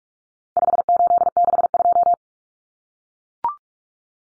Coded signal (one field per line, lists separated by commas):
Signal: Morse code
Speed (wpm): 44 wpm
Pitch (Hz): 700 Hz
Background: none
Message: 5862